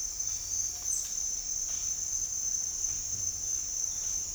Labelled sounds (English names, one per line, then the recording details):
none
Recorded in dense forest near Puerto Asís, Putumayo, Colombia, on 13 March 2025 at 07:30
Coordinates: 0.503, -76.323
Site GP09